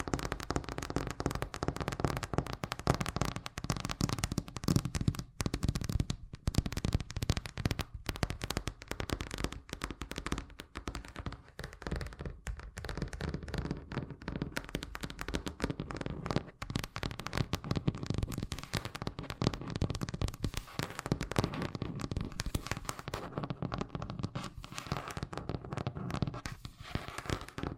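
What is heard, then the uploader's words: Fast tapping runs without pause for the whole clip, a dense, rapid clatter of sharp hits with a low thumping underneath and crackly bright edges. ASMR Braingasm Inducing Fast Tapping (No Talking).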